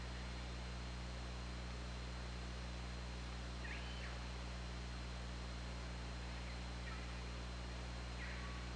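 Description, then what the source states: Killer whale calls: ringing, mid-pitched tonal notes that rise and fall near the fourth second, with fainter ones later, over a steady underwater hum and hiss. OrcaLab hydrophone, underwater, 24 August 2017 at 21:42.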